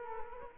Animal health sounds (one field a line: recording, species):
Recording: mosquito wingbeat signal from an infrared sensor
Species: Culex quinquefasciatus